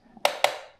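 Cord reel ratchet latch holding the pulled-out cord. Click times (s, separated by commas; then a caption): 0.2 s, 0.4 s. An extension cord is pulled down from a wall-mounted Dewenwils retractable cord reel, and two sharp ratchet-latch clicks ring out at 0.3 s and 0.4 s, each decaying with a bright metallic tail. The latch catches, and after letting go the cord stays locked at that length.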